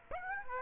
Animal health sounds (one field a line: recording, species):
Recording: mosquito wingbeat signal from an infrared sensor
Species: Aedes aegypti